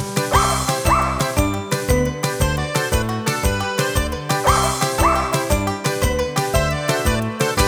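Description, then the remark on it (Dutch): A dog barks in a steady rhythm, each loud, pitched yap landing on the beat so the barks form a repeating tune over a bouncy musical backing, with no talking. “Hij blaft op toon en in de maat.”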